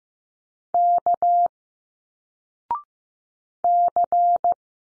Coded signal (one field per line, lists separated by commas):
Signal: Morse code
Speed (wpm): 15 wpm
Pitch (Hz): 700 Hz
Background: none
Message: K C